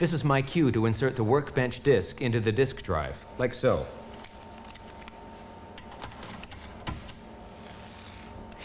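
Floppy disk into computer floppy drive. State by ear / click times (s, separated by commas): seated / 6.9 s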